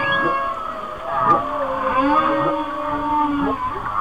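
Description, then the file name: Whale song with a sustained high wail and a long steady low moan that slowly bends, faint short upsweeps around it. "Whale Songs"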